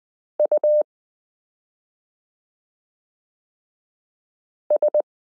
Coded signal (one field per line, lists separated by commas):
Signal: Morse code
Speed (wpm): 20 wpm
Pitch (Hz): 600 Hz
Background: none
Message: US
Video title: Morse Code Listening Lesson 13 - k r s u a p t l o w i (.)period n